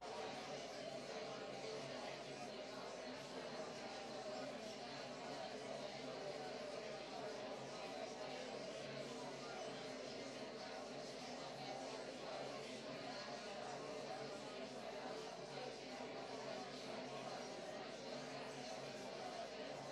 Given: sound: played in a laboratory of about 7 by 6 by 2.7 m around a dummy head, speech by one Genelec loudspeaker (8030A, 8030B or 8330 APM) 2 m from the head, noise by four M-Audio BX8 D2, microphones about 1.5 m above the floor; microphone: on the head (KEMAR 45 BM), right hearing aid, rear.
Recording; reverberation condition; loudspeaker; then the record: babble noise; medium; four, about 170 cm from the corners of the room and facing them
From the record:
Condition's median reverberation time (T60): about 510 ms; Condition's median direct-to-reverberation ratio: about -0.5 dB